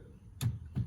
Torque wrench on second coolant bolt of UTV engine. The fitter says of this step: click and we're good